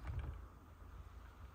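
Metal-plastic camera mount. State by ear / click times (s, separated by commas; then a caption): not seated / none. A second camera quick-release plate is slotted into a tripod head mount with a yellow release button, making only faint mechanism sounds with two soft taps near 0.1 and 0.2 seconds over a low rumble. The plate jams instead of seating, and nothing has clicked into place.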